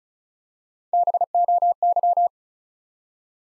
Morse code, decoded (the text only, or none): BOY